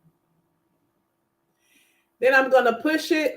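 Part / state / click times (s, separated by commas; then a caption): auto-injector pen against injection site / not seated / none. An unlocked Zepbound auto-injector pen is placed base-first against the skin at the injection site and held in position before its button is pressed. The clip is near-silent until about 2.2 s, when someone starts talking through to the end. Nothing has clicked yet.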